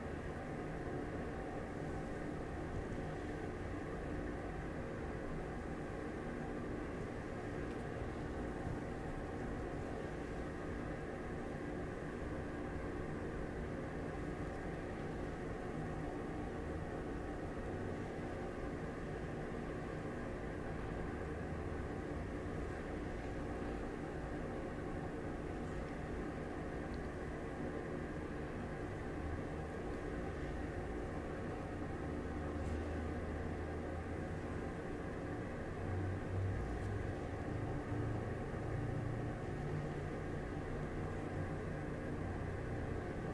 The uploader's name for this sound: ASMR Slow Hand Movements, Mirrored Face Touching & White Noise